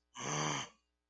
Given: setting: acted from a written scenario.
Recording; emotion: vocal sound without words; anger